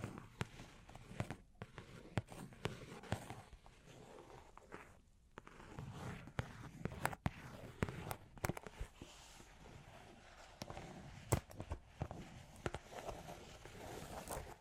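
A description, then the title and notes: Long claws tap and scratch in an uneven, busy run of sharp clicks and scrapes, some landing hard and bright, like quick footsteps. Brief quieter gaps fall near 1.5 and 5 seconds, with the activity picking up again afterward and continuing to the end. Long Claws Tapping and Scratching (No Talking).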